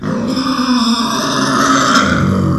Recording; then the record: squeal of a Yucatan mini pig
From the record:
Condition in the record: after surgery on the right vocal fold (resection and tissue-engineered implant); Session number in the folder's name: 14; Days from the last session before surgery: 133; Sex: female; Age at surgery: 19 weeks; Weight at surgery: 25 kg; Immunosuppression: prednisolone